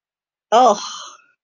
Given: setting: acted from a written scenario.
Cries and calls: vocal sound without words; contempt

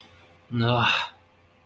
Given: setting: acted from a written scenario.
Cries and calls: vocal sound without words; anger

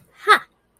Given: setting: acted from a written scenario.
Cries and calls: vocal sound without words; triumph

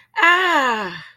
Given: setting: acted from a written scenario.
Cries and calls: vocal sound without words; distress

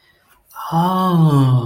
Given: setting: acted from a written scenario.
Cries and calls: vocal sound without words; realization

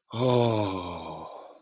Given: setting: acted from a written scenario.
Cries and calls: vocal sound without words; ecstasy

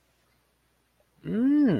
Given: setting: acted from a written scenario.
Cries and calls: vocal sound without words; realization

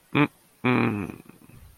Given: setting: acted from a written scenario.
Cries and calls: vocal sound without words; embarrassment

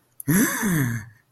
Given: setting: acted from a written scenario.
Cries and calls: vocal sound without words; elation

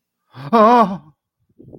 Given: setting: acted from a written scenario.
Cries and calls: vocal sound without words; distress

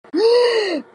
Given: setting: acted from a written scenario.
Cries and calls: vocal sound without words; distress

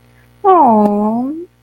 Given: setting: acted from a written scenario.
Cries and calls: vocal sound without words; romantic love

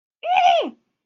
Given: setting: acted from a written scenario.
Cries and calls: vocal sound without words; negative surprise

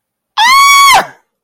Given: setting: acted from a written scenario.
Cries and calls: vocal sound without words; elation

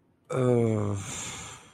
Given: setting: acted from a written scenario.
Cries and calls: vocal sound without words; guilt

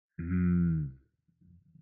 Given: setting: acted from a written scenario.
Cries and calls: vocal sound without words; shame

